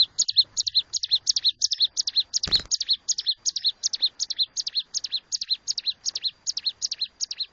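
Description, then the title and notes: Bar-winged prinia song: rapid, high, down-slurred chip notes in steady pairs, nearly three a second, with one brief dull thump partway through. Collection of vigorously singing ('gacor') ciblek, including young birds. "Kicau Ciblek. putri sherin. kumpulan suara burung ciblek gacor dan anakan"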